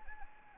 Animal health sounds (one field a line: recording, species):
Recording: mosquito wingbeat signal from an infrared sensor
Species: Anopheles arabiensis